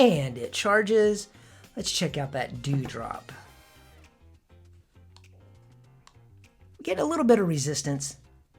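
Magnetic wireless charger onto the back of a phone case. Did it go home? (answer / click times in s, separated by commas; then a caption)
no / none. A 160 g magnetic wireless charger is handled against the back of a woven-fabric iPhone 17 Pro Max case while someone talks, with a little resistance as it is brought up to the case. A few faint, sharp ticks come through the quieter middle stretch, but the charger has not yet clicked or seated onto the case.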